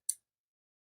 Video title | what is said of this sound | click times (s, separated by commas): Magnetic Robot Figures From Gifts2U | so these are magnetic as you can see they kind of snap together like this everything kind of snaps together | 0.1 s